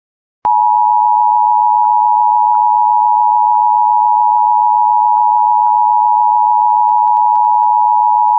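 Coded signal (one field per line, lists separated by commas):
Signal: Emergency Alert System (SAME) tones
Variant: 853 and 960 Hz attention tone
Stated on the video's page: Valid EAS tones for severe thunderstorm warnings, taken from a satellite LF emulator and weather streams.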